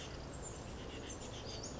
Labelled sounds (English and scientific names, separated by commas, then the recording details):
Western Flycatcher (Empidonax difficilis)
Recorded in Sonoma County, California